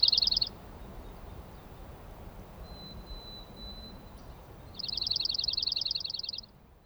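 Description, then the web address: Dark-eyed junco song: a rapid, even, musical trill of high notes, one ending at the start and another lasting almost two seconds later, with a thin steady whistle between them. "soundandlightecologyteam. DEJU SP"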